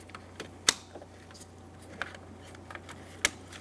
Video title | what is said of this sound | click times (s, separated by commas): How to Replace Window Run Channel 1988-1999 GMC K1500 | push until you hear a click if you don't give them a pull make sure they're locked in | 0.7 s, 3.2 s